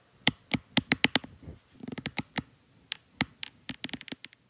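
An adult grinding the teeth during sleep (bruxism): a run of sharp, gritty clicks and scrapes as the teeth rub against each other, the kind of noise that disturbs a bed partner's night's rest. Grinding, clenching the jaw and pressing the teeth together is called bruxism by dentists; it can occur at night during sleep but also during the day.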